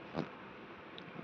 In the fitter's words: देखो दोस्तों य लॉक हो गया